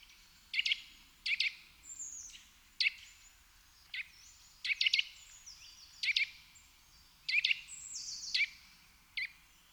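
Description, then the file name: Eurasian nuthatch calls: loud, sharp, piercing notes given in pairs or triplets roughly every second, with thin high descending whistles behind them. "Sitta europaea"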